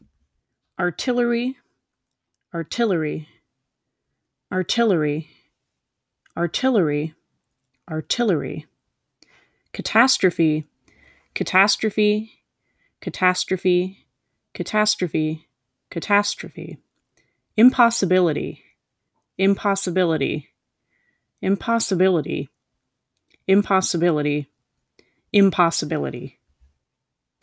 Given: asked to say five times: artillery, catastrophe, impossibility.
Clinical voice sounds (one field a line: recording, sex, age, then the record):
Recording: three words, each repeated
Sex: female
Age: 20 to 29 years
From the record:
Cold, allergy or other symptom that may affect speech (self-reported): no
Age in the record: 26 years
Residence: Virginia, United States